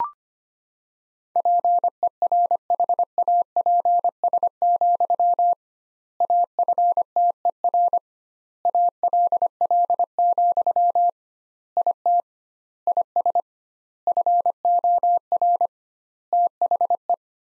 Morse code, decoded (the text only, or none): PERHAPS, AFTER ALL, IT IS FOR THE